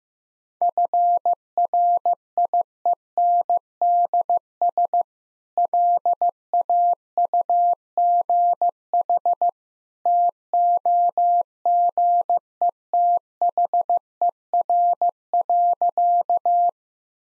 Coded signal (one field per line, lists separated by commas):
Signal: Morse code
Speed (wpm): 15 wpm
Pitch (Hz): 700 Hz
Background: none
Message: FRIENDS LAUGH TOGETHER.